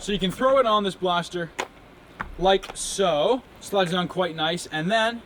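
A collapsible plastic stock is slid down onto the rear mount of a Nerf Star Wars Rogue One Captain Cassian Andor Deluxe toy foam-dart blaster while someone talks, with faint handling sounds between the words. The stock is still being handled and nothing has seated or clicked into place yet.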